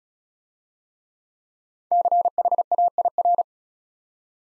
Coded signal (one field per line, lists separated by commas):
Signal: Morse code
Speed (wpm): 34 wpm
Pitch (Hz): 700 Hz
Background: none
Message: CHAIR